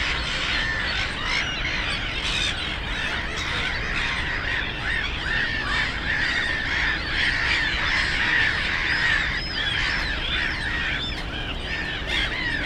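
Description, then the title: Black-headed gulls in full chorus, rapid overlapping raspy squawks over a continuous low hum of traffic. Post-coal-mining area turned nature complex, Frog Ponds (Żabie Doły), Bytom, Poland; ponds full of birds, black-headed gulls loudest; nearby DK79 road and railway noise. "Żabie Doły, Bytom, Polska - Black-headed gulls at Frog Ponds complex"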